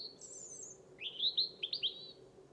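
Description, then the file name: European robin phrase: a thin high whistle sliding down, then a run of quick warbling, twittering notes, with a low steady rumble beneath. "Erithacus rubecula"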